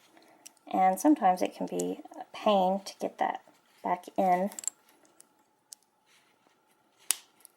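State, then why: Seated. Someone talks while a removed plastic LEGO minifigure arm is pushed back into the torso's socket, followed by a few light plastic contact ticks. At 7.1 s a sharp, loud snap is heard as the arm seats in the torso, which takes some force to pop into place.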